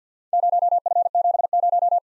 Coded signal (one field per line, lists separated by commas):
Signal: Morse code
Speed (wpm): 52 wpm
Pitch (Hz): 700 Hz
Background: none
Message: 0F70